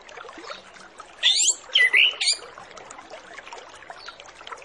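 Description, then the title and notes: Orange-headed Thrush song: a short phrase of three loud, slurred whistled notes, with steady hissing noise before and after. Lure recording used to make Orange-headed Thrushes sing quickly and openly; full 'isian' song with fill-in phrases. "Masteran Anis Kembang Full Isian Untuk Suara Pancingan Anis Kembang Agar Cepat Ngeplong. Suara Burung Anis Kembang"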